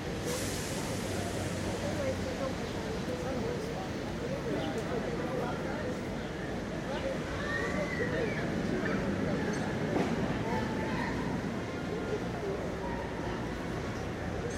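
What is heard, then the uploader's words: A busy city park with a dense, steady wash of overlapping voices and crowd chatter. A low rumble of traffic or a passing train runs underneath throughout, with occasional brighter calls and clinks rising briefly above the murmur. NYC Washington Square Park Nature and People.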